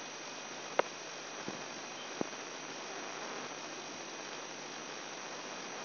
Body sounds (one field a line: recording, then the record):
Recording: brain microelectrode recording played as sound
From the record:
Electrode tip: inside the subthalamic nucleus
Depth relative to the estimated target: 0 mm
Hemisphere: right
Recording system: AlphaMap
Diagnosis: Parkinson's disease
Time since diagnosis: 10 years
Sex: male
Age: 58 years